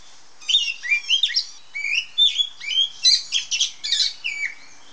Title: Kacer Betina. suara burung kacer hitam betina